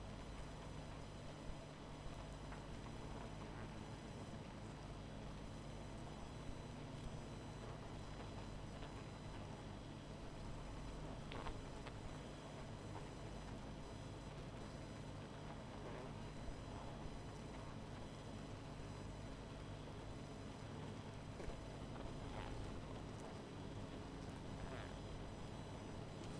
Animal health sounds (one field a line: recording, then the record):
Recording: honeybee colony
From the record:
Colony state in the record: missing queen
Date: 14 July 2017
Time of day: 20:21